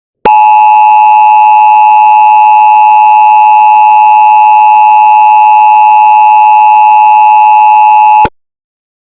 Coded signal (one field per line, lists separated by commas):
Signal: Emergency Alert System (SAME) tones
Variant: 853 and 960 Hz attention tone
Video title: The Touch (An EAS Scenario)